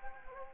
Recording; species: mosquito wingbeat signal from an infrared sensor; Anopheles gambiae